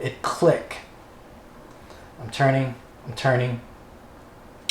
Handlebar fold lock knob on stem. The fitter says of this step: first click just happen and you need three clicks so that's one